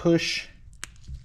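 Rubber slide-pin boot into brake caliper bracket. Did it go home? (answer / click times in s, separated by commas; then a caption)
yes / 0.8 s. Someone talks while squeezing and pushing the rubber dust boot for a front brake caliper slide pin on a Honda Odyssey down into its bore in the metal caliper bracket. A sharp pop is heard at 0.8 s as the boot seats in the bracket.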